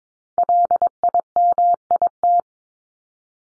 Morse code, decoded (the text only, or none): LIMIT